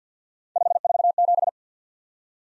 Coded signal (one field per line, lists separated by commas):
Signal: Morse code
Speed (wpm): 47 wpm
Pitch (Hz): 700 Hz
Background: none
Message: 547